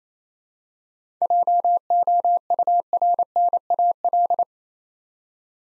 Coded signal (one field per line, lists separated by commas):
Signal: Morse code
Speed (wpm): 27 wpm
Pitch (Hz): 700 Hz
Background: none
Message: JOURNAL